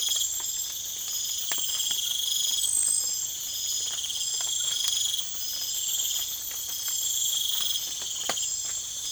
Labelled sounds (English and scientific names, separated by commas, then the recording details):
none
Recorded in secondary vegetation near Puerto Asís, Putumayo, Colombia, on 25 June 2025
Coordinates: 0.488, -76.319
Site G094